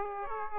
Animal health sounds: mosquito wingbeat signal from an infrared sensor; Aedes aegypti

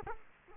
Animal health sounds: mosquito wingbeat signal from an infrared sensor; Culex quinquefasciatus

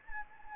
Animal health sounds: mosquito wingbeat signal from an infrared sensor; Anopheles gambiae

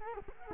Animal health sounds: mosquito wingbeat signal from an infrared sensor; Culex quinquefasciatus

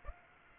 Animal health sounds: mosquito wingbeat signal from an infrared sensor; Aedes aegypti

